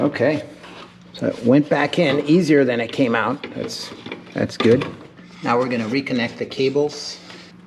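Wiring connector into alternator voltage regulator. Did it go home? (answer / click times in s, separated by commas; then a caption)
no / none. On a W211 Mercedes, a plastic electrical wiring connector is handled for reconnection to the new voltage regulator fitted on the alternator while the cables are being reconnected. Someone talks throughout, with a steady low hum in the background. The connector has not yet seated or clicked into its socket.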